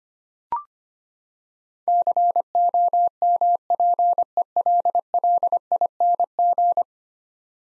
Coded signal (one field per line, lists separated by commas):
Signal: Morse code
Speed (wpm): 25 wpm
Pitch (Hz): 700 Hz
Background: none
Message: COMPELLING